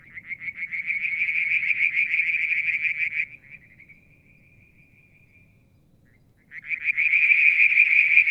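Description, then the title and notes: Frog trilling in a quick high pulsed stream that thins to a faint note, pauses, then swells loudly again. Mount Wilson, New South Wales, Australia; July 2022; evening, near a water tank. "Frog song, Mount Wilson, New South Wales, Australia in July 2022 – by Alexander Moffatt. Limnodynastes Peronii, Litoria Verreauxii and a mystery frog one evening near the water tank"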